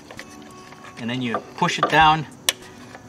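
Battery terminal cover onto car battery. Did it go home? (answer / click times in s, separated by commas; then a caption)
yes / 2.5 s. On a 2016 Impala, a plastic battery terminal cover is pushed down onto the car battery while someone talks. It snaps home with a sharp click at 2.5 seconds, and the cover is seated.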